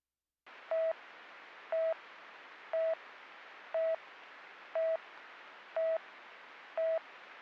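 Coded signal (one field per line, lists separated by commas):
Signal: none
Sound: police radio channel beeps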